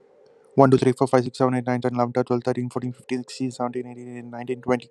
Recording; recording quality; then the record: counting at a fast pace; excellent, no background noise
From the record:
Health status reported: healthy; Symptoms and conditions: none ticked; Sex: male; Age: 25 years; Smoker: yes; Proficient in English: yes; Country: India